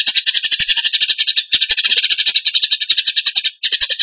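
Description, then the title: Bird song: nonstop scratchy, rapid high-pitched chatter, pausing only briefly once or twice. Masteran training recording; song in the tembakan gacor style. "Masteran Burung Tembakan Gacor"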